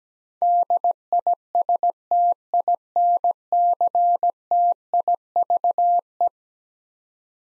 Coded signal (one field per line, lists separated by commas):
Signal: Morse code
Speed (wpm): 17 wpm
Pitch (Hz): 700 Hz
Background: none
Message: DISTINCTIVE